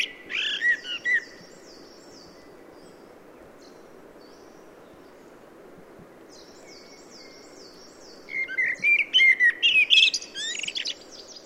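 Common blackbird song, a brief fluty phrase ending in high squeaky twitters, then silence before another mellow warble breaks into thin, scratchy high notes near the end.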